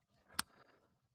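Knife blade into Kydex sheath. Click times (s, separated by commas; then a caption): 0.4 s. A knife blade is pushed into a raptor-skin textured Kydex sheath until the retention catches. It snaps into place at 0.4 s with a single sharp click over a faint low background hum, and the knife is seated.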